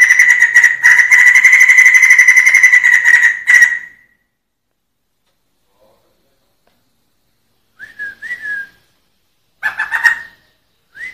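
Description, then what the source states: Sumatran laughingthrush delivering a long rolling trill that stops abruptly. Silence follows, then a few short whistled notes and brief harsh bursts. Sumatran crested laughingthrush singing in the 'ngerol' style, a continuous rolling song, described as special.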